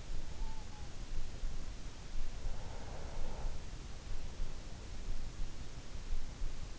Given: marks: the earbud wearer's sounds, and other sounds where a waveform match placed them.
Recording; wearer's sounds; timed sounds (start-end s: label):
sounds in sleep by an in-ear microphone; breath
1.98-4.05 s: breath